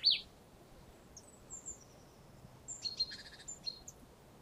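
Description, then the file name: Marsh tit calls, a loud high note at the start, then a cluster of thin, high, quick notes in the second half over a quiet background. "Poecile palustris"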